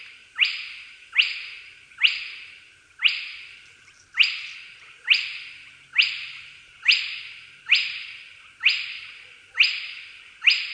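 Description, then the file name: Spotted crake giving sharp whiplash 'hwitt' notes, each a quick upward-snapping whistle with a ringing tail, repeated steadily about once a second with no other sounds. "kropiatka"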